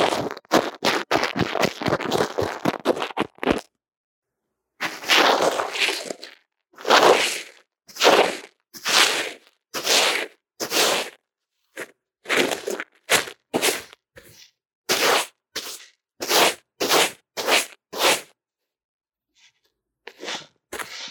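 Drawing and makeup strokes picked up on a lo-fi earphone mic. The first few seconds carry fast, tightly packed scratchy strokes. After a short silence come slower, separate swishes and rubs about once a second, with gaps between and a few faint ticks near the end.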